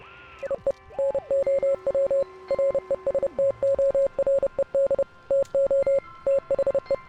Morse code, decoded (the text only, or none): IE NOW RESTORED TO THE